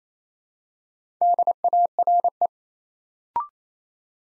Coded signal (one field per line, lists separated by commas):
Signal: Morse code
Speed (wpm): 27 wpm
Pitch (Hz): 700 Hz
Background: none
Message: DARE